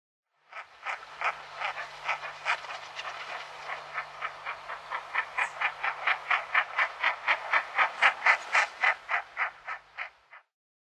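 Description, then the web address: Red-breasted merganser giving rasping croaks: a rapid, rhythmic run of harsh notes lasting nearly ten seconds over a faint low hum. "Songs of Birds of North America Western USA Songbirds. Red-breasted Merganser"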